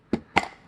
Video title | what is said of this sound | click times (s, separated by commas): WORK SHARP PRECISION ADJUST KNIFE SHARPENER: TEST, REVIEW, AND CHIPMUNK STORY! | Alright, snapped into place without breaking it. That's fantastic. | 0.4 s